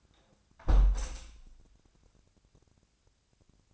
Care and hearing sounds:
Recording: daily activity, microphone in the room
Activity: close window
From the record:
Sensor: 2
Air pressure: 1000.2 hPa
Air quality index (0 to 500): 137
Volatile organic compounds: 2 ppm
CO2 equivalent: 1144 ppm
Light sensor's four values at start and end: 11/29/11/13 and 11/29/11/13

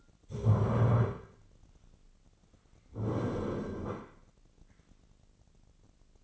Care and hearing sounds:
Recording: daily activity, microphone in the room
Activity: stand up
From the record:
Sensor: 4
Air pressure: 1010.0 hPa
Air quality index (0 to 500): 196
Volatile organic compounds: 3 ppm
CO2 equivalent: 1412 ppm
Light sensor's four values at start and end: 41/100/42/45 and 40/99/41/45

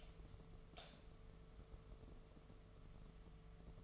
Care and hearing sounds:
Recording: daily activity, microphone in the room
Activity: light on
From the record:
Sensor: 4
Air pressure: 1015.5 hPa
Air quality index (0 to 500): 176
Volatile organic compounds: 7 ppm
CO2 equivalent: 2033 ppm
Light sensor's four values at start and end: 17/39/16/16 and 17/42/17/17

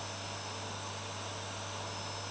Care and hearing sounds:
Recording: daily activity, microphone in the room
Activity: vacuum cleaning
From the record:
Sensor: 2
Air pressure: 1007.5 hPa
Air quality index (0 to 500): 32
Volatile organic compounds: 1 ppm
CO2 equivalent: 520 ppm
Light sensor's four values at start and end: 7/16/6/6 and 7/16/6/6

